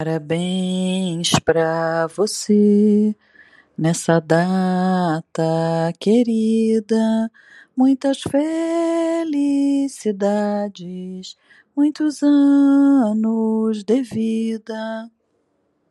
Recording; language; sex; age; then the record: short text; Brazilian Portuguese; female; 50 to 59 years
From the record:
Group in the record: control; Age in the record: 51 years